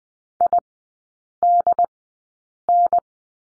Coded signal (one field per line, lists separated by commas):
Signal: Morse code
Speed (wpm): 20 wpm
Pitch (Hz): 700 Hz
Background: none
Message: IDN